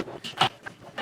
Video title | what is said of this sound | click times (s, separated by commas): Maytag Washer Leaks Water? Replacing Tub Seal & Sleeve Bearing on a Maytag 6-2040130 6-2095720 | sure you hear every clip click now | 0.4 s